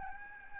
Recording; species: mosquito wingbeat signal from an infrared sensor; Aedes albopictus